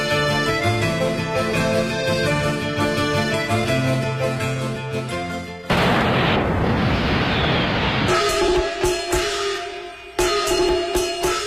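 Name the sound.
fireworks and firecrackers exploding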